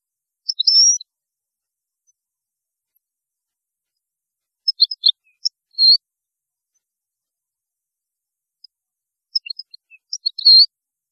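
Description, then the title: European goldfinch song in three short bursts of high tinkling, twittering notes separated by long silent gaps. "Chant Chardonneret"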